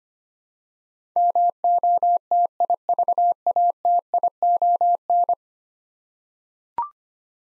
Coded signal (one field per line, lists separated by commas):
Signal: Morse code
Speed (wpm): 25 wpm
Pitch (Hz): 700 Hz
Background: none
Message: MOTIVATION